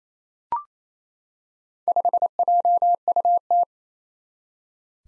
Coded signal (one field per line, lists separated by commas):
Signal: Morse code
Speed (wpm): 27 wpm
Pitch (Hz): 700 Hz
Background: none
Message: 5JUT